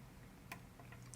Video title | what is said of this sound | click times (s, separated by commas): Matt Campbell - Colorado Artist Extraordinary! | and you hear it click you can feel it it's not going to fall out it's not going to fall out | 1.1 s